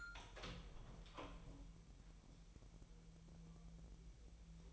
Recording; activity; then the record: daily activity, microphone in the room; open door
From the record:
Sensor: 1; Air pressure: 1001.4 hPa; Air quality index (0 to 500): 249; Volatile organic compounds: 133 ppm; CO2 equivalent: 3942 ppm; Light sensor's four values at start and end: 7/18/7/7 and 8/18/7/7